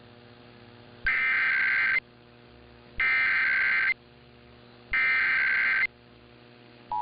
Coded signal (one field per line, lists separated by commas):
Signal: Emergency Alert System (SAME) tones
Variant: header bursts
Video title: [EAS #2069-#2071] KPWR Weekly Test & Pennsylvania Statewide Required Monthly Tests